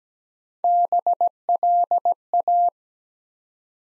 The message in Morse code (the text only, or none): BLA